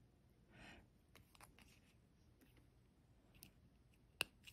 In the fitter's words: You get the click again.